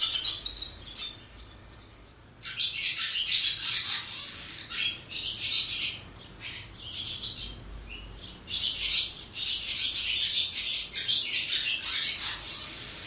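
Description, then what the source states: Barn Swallow nest calls: repeated high, scratchy chirps and twittering phrases in several bursts, with short quieter gaps between. Swallow's nest in an old ice house in a small community on the west coast of Scotland.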